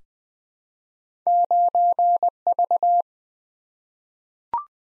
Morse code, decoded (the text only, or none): 9V